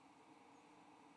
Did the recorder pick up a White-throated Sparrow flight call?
no